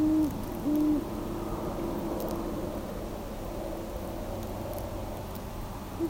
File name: Great Horned Owl - Bubo virginianus